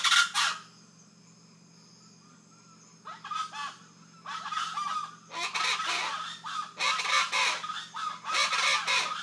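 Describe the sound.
Rufous-vented chachalacas: a short harsh opening burst, a quiet pause, then a loud rhythmic chorus of repeated grating cackling phrases, with a steady low hum beneath.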